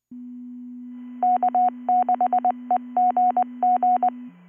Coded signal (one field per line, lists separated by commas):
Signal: Morse code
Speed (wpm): 20 wpm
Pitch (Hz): 720 Hz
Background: none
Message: K6EGG